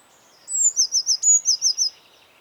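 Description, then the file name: Eurasian blue tit: one quick series of about eight high, thin, slightly wavering notes, clear and steady over a quiet background. "Cyanistes caeruleus"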